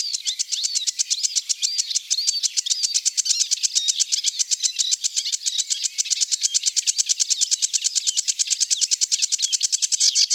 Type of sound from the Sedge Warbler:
song